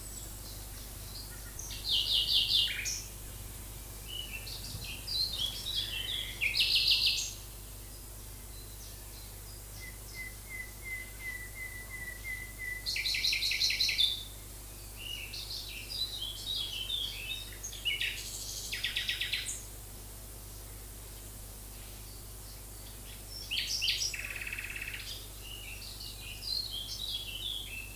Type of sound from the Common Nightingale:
song